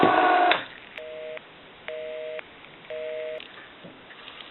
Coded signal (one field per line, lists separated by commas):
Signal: telephone call progress tone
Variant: North America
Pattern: busy tone